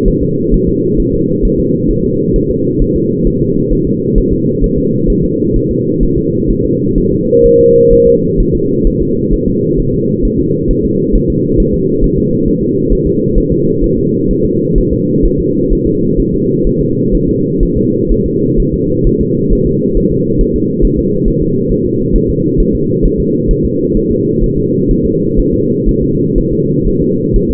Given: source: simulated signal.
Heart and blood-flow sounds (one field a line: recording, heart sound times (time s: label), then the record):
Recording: fetal heart sounds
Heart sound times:
0.08 s: S1
0.23 s: S2
0.54 s: S1
0.69 s: S2
1.00 s: S1
1.14 s: S2
1.45 s: S1
1.60 s: S2
1.91 s: S1
2.05 s: S2
2.36 s: S1
2.51 s: S2
2.82 s: S1
2.96 s: S2
3.27 s: S1
3.42 s: S2
3.73 s: S1
3.87 s: S2
4.18 s: S1
4.33 s: S2
4.64 s: S1
4.78 s: S2
5.10 s: S1
5.24 s: S2
5.56 s: S1
5.71 s: S2
6.03 s: S1
6.18 s: S2
6.51 s: S1
6.65 s: S2
6.98 s: S1
7.12 s: S2
7.46 s: S1
7.60 s: S2
7.93 s: S1
8.08 s: S2
8.40 s: S1
8.55 s: S2
8.87 s: S1
9.02 s: S2
9.34 s: S1
9.48 s: S2
9.80 s: S1
9.94 s: S2
10.25 s: S1
10.40 s: S2
10.71 s: S1
10.85 s: S2
11.16 s: S1
11.30 s: S2
11.60 s: S1
11.74 s: S2
12.04 s: S1
12.19 s: S2
12.48 s: S1
12.62 s: S2
12.93 s: S1
13.07 s: S2
13.38 s: S1
13.52 s: S2
13.84 s: S1
13.98 s: S2
14.31 s: S1
14.45 s: S2
14.78 s: S1
14.93 s: S2
15.26 s: S1
15.40 s: S2
15.73 s: S1
15.87 s: S2
16.20 s: S1
16.34 s: S2
16.67 s: S1
16.81 s: S2
17.15 s: S1
17.29 s: S2
17.63 s: S1
17.77 s: S2
18.12 s: S1
18.26 s: S2
18.60 s: S1
18.74 s: S2
19.07 s: S1
19.21 s: S2
19.53 s: S1
19.67 s: S2
19.97 s: S1
20.12 s: S2
20.41 s: S1
20.56 s: S2
20.84 s: S1
20.99 s: S2
21.28 s: S1
21.42 s: S2
21.72 s: S1
21.86 s: S2
22.16 s: S1
22.30 s: S2
22.60 s: S1
22.75 s: S2
23.05 s: S1
23.20 s: S2
23.51 s: S1
23.65 s: S2
23.97 s: S1
24.12 s: S2
24.44 s: S1
24.58 s: S2
24.91 s: S1
25.06 s: S2
25.40 s: S1
25.54 s: S2
25.89 s: S1
26.03 s: S2
26.38 s: S1
26.53 s: S2
26.88 s: S1
27.02 s: S2
27.36 s: S1
27.51 s: S2
From the record:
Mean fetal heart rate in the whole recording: 130 bpm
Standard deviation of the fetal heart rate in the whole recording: 4 bpm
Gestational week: 38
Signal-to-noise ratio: -11.2 dB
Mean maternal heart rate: 72 bpm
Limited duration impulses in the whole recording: present